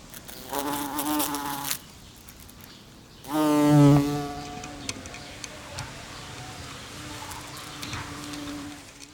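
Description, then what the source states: House fly wing buzz, a droning harmonic hum in two loud bursts, the second swelling then fading into a softer steady buzz that carries on to the end. Close buzzing.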